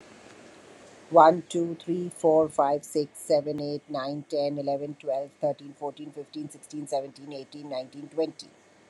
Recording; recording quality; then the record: counting at a fast pace; excellent, no background noise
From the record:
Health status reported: recovered from COVID-19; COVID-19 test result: negative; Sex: female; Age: 57 years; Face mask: not worn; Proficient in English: yes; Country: India